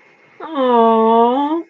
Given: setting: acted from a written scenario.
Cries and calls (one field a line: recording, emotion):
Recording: vocal sound without words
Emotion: adoration